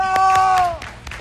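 Audience applause for a contestant in a skateboard contest on a TV programme: a quick burst of clapping with sharp, uneven claps, topped by a sustained cheering shout that fades out partway through, leaving scattered claps.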